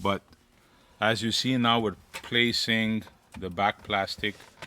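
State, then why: Not seated. Someone talks while the rear plastic cover is being placed onto a forged carbon fiber steering wheel for a 5th-generation Toyota 4Runner. No distinct impact sounds stand out over the speech. The cover is only being handled, and nothing has clicked or seated yet.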